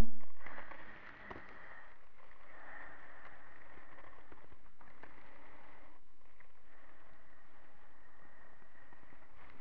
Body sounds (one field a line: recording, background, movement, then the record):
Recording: deep breathing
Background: quiet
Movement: sitting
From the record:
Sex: female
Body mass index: 25.5 kg/m2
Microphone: on the chest, facing the body